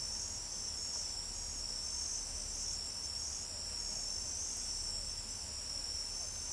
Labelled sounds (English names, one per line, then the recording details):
none
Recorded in pastures near Pivijay, Magdalena, Colombia, on 2 June 2023 at 00:30
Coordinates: 10.456, -74.369
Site P6-G026